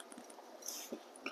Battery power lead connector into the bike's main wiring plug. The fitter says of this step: Plug it in all the way until you hear a click.